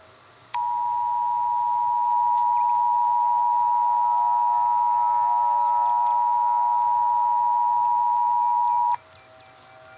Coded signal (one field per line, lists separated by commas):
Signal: Emergency Alert System (SAME) tones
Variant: 853 and 960 Hz attention tone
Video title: EAS Mock: Interdimensional